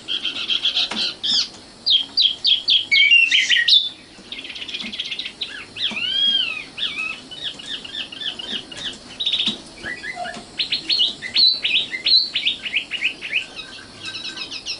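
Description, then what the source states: Oriental magpie-robin song: dense mix of whistles, chatter and buzzy trills with a looping whistled note, delivered in continuous varied phrases. Kacer song.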